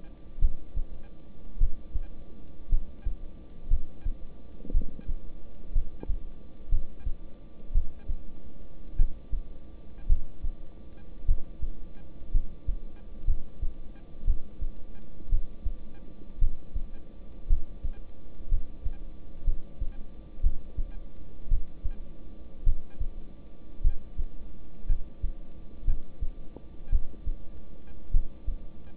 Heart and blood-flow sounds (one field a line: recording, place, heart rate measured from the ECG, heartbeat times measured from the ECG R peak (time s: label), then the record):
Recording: heart sounds by stethoscope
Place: between the tricuspid and mitral areas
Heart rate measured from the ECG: 56 bpm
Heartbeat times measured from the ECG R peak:
0.39 s: heartbeat
1.58 s: heartbeat
2.69 s: heartbeat
3.68 s: heartbeat
4.72 s: heartbeat
5.73 s: heartbeat
6.70 s: heartbeat
7.73 s: heartbeat
8.96 s: heartbeat
10.07 s: heartbeat
11.26 s: heartbeat
12.32 s: heartbeat
13.25 s: heartbeat
14.25 s: heartbeat
15.30 s: heartbeat
16.39 s: heartbeat
17.48 s: heartbeat
18.49 s: heartbeat
19.45 s: heartbeat
20.41 s: heartbeat
21.49 s: heartbeat
22.64 s: heartbeat
23.82 s: heartbeat
24.87 s: heartbeat
25.85 s: heartbeat
26.90 s: heartbeat
28.11 s: heartbeat
From the record:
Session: rest, lying down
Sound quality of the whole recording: good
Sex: male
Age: 26 years